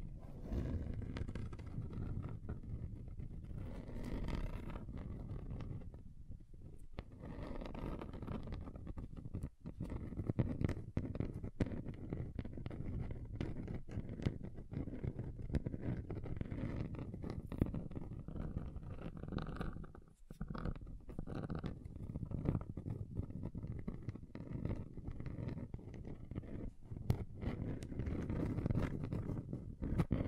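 A table is scratched steadily for thirty seconds, a dense low rasping rumble with frequent sharp scrapes and brief pauses near six and twenty seconds.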